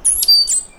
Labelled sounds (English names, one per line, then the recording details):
Stitchbird song
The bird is a male
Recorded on Tiritiri Matangi Island, New Zealand, in 2005
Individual 9, of nest box 11